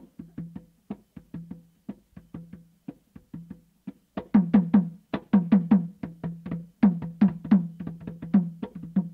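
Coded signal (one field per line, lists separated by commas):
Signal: talking drum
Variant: Saramaka apinti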